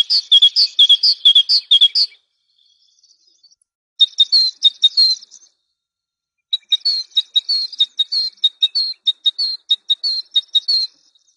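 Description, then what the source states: Great tit song: bright two-note phrases repeated rapidly in three bursts separated by short pauses, high and ringing. Songbird training recording (Indonesian 'suara masteran').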